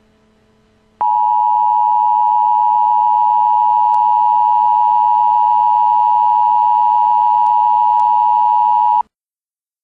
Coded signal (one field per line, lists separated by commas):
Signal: Emergency Alert System (SAME) tones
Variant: 853 and 960 Hz attention tone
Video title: EMERGENCY ALERT SYSTEM: Zombie Attack